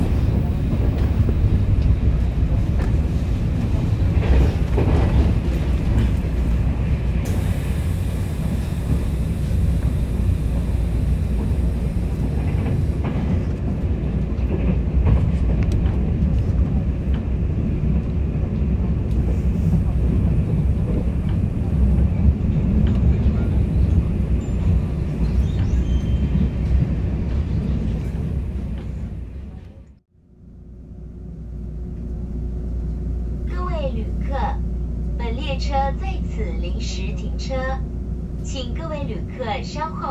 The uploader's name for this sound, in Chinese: 台南火車站與台鐵之上